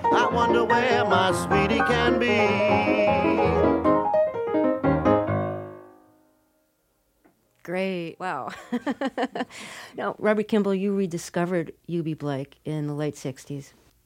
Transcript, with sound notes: I wonder where my sweetie can be.
Great. Wow. (Laughter). Now, Robert Kimball, you rediscovered Eubie Blake in the late '60s.